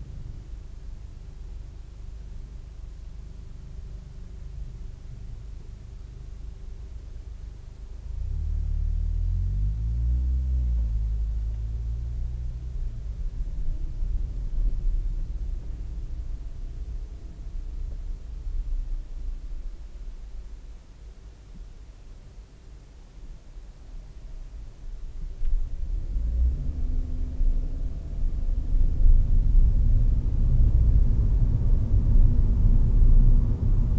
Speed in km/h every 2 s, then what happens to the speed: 0, 0, 0, 0, 0, 0, 0, 11, 5, 1, 0, 0, 4, 24, 30, 30, 29.
0-12 standing. 18-23 standing. 23-28 pulls away to 30. 28-34 steady at about 30.